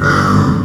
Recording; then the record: squeal of a Yucatan mini pig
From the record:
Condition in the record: after surgery on the right vocal fold (resection and tissue-engineered implant); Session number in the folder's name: 15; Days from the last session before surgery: 175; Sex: female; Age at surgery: 19 weeks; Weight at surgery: 25 kg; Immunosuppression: prednisolone